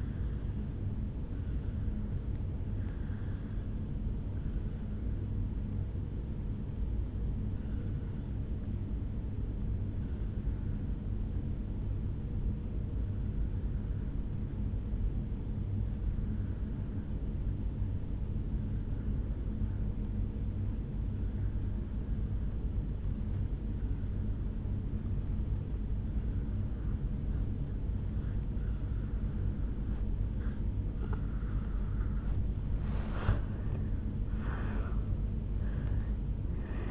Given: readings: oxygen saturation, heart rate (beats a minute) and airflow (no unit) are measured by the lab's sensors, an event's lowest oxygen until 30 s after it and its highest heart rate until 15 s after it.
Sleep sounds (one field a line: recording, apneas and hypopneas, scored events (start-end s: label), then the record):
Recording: breathing in sleep by a smartphone at the bedside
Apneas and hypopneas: 1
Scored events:
4.00-32.10 s: obstructive apnea (N2, oxygen 96% highest, then 83% lowest, heart rate 55 at the start, 76 highest)
35.00-36.91 s: new sleep stage, N1 (lightest sleep)
From the record:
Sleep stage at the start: N2 (light sleep)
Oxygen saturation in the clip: 84 to 96%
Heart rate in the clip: 53 to 72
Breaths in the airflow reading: 2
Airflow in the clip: -8.6 to 7.1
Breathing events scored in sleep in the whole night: 449 in 7.0 hours asleep